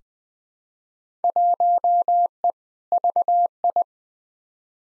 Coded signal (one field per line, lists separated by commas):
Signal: Morse code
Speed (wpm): 21 wpm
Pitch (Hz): 700 Hz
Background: none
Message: 1E VI